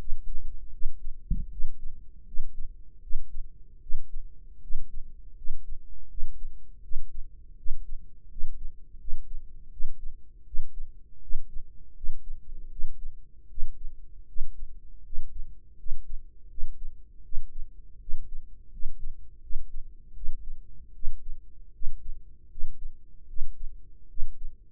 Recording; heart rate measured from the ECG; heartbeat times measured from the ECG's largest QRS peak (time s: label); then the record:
heart sounds by microphone in the right ear; 80 bpm
0.70 s: heartbeat
1.49 s: heartbeat
2.24 s: heartbeat
3.00 s: heartbeat
3.79 s: heartbeat
4.60 s: heartbeat
5.34 s: heartbeat
6.07 s: heartbeat
6.81 s: heartbeat
7.55 s: heartbeat
8.28 s: heartbeat
8.97 s: heartbeat
9.69 s: heartbeat
10.44 s: heartbeat
11.20 s: heartbeat
11.93 s: heartbeat
12.69 s: heartbeat
13.47 s: heartbeat
14.25 s: heartbeat
15.02 s: heartbeat
15.76 s: heartbeat
16.47 s: heartbeat
17.22 s: heartbeat
17.98 s: heartbeat
18.70 s: heartbeat
19.40 s: heartbeat
20.13 s: heartbeat
20.92 s: heartbeat
21.71 s: heartbeat
22.48 s: heartbeat
23.26 s: heartbeat
24.07 s: heartbeat
From the record:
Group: healthy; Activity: cold pressor test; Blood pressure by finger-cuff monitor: 145/88 mmHg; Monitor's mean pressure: 107 mmHg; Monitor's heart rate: 81 bpm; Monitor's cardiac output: 6.5 L/min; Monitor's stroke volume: 81 mL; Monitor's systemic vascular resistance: 1230 dyn s/cm5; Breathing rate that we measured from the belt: 19 breaths a minute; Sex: male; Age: 21 years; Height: 180 cm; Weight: 67.5 kg